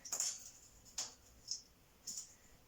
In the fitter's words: and then you should hear some snaps there